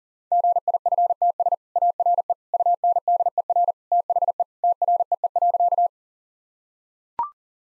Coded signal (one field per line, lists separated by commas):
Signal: Morse code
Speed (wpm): 40 wpm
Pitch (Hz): 700 Hz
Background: none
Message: GIFTS ARE UNDER THE TREE.